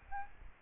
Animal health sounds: mosquito wingbeat signal from an infrared sensor; Aedes albopictus

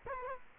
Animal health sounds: mosquito wingbeat signal from an infrared sensor; Culex quinquefasciatus

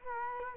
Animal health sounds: mosquito wingbeat signal from an infrared sensor; Culex quinquefasciatus

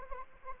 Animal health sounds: mosquito wingbeat signal from an infrared sensor; Anopheles arabiensis

